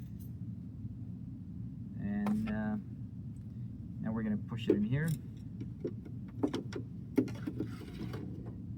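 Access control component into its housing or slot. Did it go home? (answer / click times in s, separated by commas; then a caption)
no / none. A UniFi Access Control G2 component is handled and pushed toward its slot in its housing while someone talks over a low steady hum. A few faint taps and knocks follow, but the clip ends before the part goes home, so nothing has seated or clicked into place yet.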